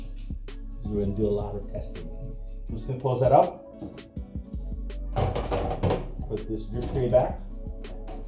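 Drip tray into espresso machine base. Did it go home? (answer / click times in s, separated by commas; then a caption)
no / none. A metal drip tray is slid back into the base of a La Marzocco Linea Micra espresso machine while someone talks over background music, with a few light knocks and thuds from the handling. Nothing has seated or clicked yet.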